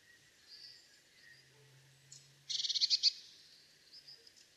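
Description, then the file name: Eurasian blue tit giving a short, rapid trill of several high notes, with quiet background around it. "Cyanistes caeruleus"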